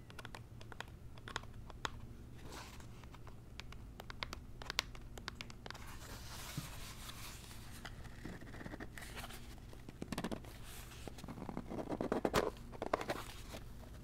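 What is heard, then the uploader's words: Unboxing a zen garden: a run of quick clicks and light taps fills the first six seconds, then gives way to soft scraping and rustling of materials. A low steady hum runs underneath throughout, with a few sharper handling noises near the end. ASMR Icnbuys Zen Garden Unboxing No Talking.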